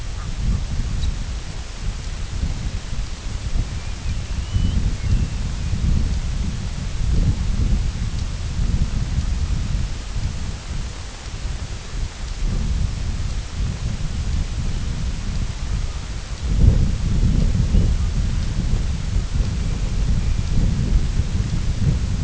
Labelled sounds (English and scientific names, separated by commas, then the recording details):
Red-throated Loon (Gavia stellata), White-rumped Sandpiper (Calidris fuscicollis), American Golden-plover (Pluvialis dominica)
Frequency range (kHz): Red-throated Loon (Gavia stellata) 0.3-2.5 kHz; White-rumped Sandpiper (Calidris fuscicollis) 3.5-5.8 kHz; American Golden-plover (Pluvialis dominica) 1.9-3.5 kHz
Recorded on Arctic tundra, site IGLO-F, on 22 June 2018
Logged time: 02:00